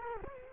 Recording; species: mosquito wingbeat signal from an infrared sensor; Culex quinquefasciatus